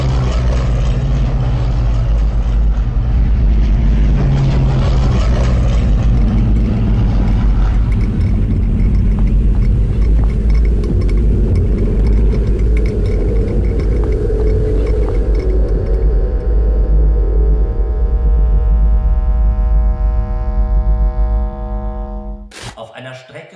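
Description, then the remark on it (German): Twin-engine aircraft on a bombing raid drone steadily overhead, passing over female air-raid observers: a loud, dense, low roar that holds for about twenty seconds, gaining a humming, tonal edge toward the end before cutting off abruptly. “Die Maschinen flogen jetzt über die Beobachterinnen hinweg.”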